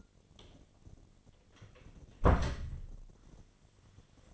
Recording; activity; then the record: daily activity, microphone in the room; close door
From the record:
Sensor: 4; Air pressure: 1008.1 hPa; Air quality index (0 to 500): 182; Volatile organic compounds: 5 ppm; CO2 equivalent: 1826 ppm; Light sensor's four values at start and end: 23/72/27/26 and 24/77/29/28